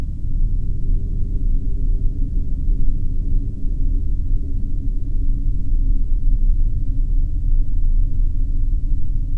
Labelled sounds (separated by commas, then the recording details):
flare stack
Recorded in the Arctic National Wildlife Refuge, Alaska, on 3 September 2019 at 00:28
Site 39